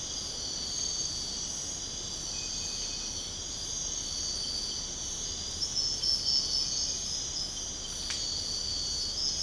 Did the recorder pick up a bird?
no